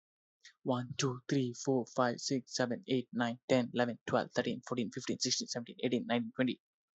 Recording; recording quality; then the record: counting at a fast pace; excellent, no background noise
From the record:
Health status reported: healthy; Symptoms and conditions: none ticked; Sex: male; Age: 22 years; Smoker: not ticked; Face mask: not worn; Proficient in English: yes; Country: India